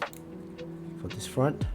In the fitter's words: same thing just put it in and you hear a click